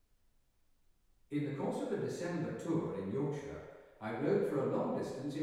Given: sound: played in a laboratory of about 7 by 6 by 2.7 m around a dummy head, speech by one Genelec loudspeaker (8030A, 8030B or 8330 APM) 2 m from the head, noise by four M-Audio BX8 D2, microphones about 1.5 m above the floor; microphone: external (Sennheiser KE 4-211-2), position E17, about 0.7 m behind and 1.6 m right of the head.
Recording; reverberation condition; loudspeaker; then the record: male speech in English; high; 60 degrees to the left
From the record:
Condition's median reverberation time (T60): about 1300 ms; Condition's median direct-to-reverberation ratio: about -4.0 dB